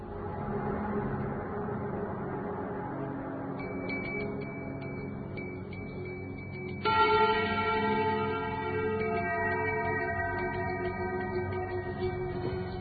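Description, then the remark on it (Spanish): A small handbell, typical of nights of the dead, is rung on a table, with a bright, shimmering tone, faint at first and then struck louder partway through, its sustained metallic ringing lingering over a steady low rumble. No one speaks. “Campanilla, característica en noches de difuntos, como tenemos aquí encima de la mesa, un servidor la está haciendo sonar, que nos trae tantos recuerdos, ¿no?”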